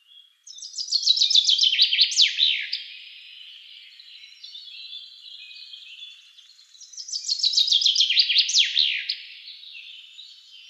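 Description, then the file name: Common chaffinch song, two lively cascading phrases about six seconds apart, each a rapid descending series ending in a sharp flourish, with quiet birds behind. "Fringilla coelebs"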